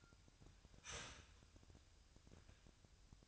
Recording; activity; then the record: daily activity, microphone in the room; start toaster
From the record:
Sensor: 2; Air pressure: 1001.8 hPa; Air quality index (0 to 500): 245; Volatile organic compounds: 37 ppm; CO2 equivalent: 3096 ppm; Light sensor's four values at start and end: 9/30/12/11 and 9/30/12/11